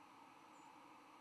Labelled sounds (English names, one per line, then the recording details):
White-throated Sparrow flight call
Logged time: 07:27 on 10 November 2014